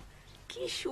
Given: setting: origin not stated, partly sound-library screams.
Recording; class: one-second piece from a danger detection set; normal situation